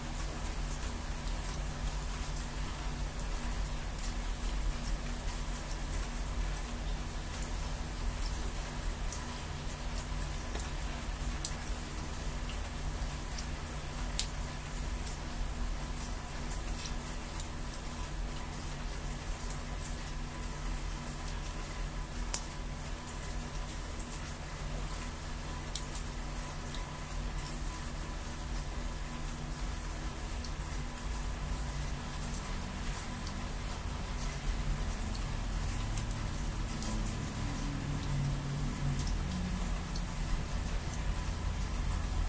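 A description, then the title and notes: Gentle rain makes a steady, even hiss that holds at the same level for the whole stretch, with scattered faint ticks of drops. Underneath runs a low, constant hum, like an engine or traffic, which shifts and rumbles a little near the end. Gentle rain by Juraj Kojš.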